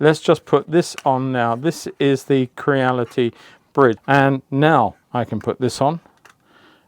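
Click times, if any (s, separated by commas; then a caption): 6.3 s. Someone talks while fitting the Creality bridge, a phone mount bridge, onto the handheld support of a Creality CR Ferret Pro 3D scanner. A single sharp click is heard at 6.3 s as the bridge snaps into place, and its click plates hold it located and firm.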